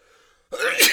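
A single sudden, hissing burst of air after a quiet pause, a man's sneeze.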